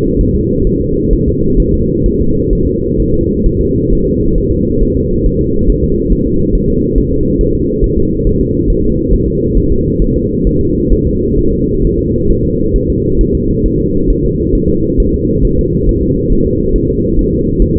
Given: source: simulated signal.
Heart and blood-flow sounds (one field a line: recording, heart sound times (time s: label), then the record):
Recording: fetal heart sounds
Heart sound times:
0.21 s: S1
0.35 s: S2
0.67 s: S1
0.81 s: S2
1.13 s: S1
1.28 s: S2
1.60 s: S1
1.74 s: S2
2.06 s: S1
2.20 s: S2
2.53 s: S1
2.67 s: S2
3.00 s: S1
3.14 s: S2
3.46 s: S1
3.61 s: S2
3.93 s: S1
4.07 s: S2
4.38 s: S1
4.52 s: S2
4.83 s: S1
4.97 s: S2
5.26 s: S1
5.41 s: S2
5.70 s: S1
5.84 s: S2
6.12 s: S1
6.27 s: S2
6.55 s: S1
6.70 s: S2
6.98 s: S1
7.12 s: S2
7.41 s: S1
7.55 s: S2
7.84 s: S1
7.98 s: S2
8.27 s: S1
8.41 s: S2
8.70 s: S1
8.84 s: S2
9.13 s: S1
9.28 s: S2
9.57 s: S1
9.72 s: S2
10.02 s: S1
10.16 s: S2
10.47 s: S1
10.61 s: S2
10.92 s: S1
11.07 s: S2
11.38 s: S1
11.53 s: S2
11.85 s: S1
11.99 s: S2
12.30 s: S1
12.45 s: S2
12.76 s: S1
12.90 s: S2
13.21 s: S1
13.35 s: S2
13.66 s: S1
13.80 s: S2
14.10 s: S1
14.25 s: S2
14.55 s: S1
14.70 s: S2
15.00 s: S1
15.14 s: S2
15.45 s: S1
15.59 s: S2
15.89 s: S1
16.03 s: S2
16.32 s: S1
16.47 s: S2
16.76 s: S1
16.90 s: S2
17.19 s: S1
17.33 s: S2
17.62 s: S1
17.77 s: S2
From the record:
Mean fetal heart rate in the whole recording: 135 bpm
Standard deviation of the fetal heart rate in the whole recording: 3 bpm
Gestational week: 36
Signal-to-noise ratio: -15.3 dB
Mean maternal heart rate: 72 bpm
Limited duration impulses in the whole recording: present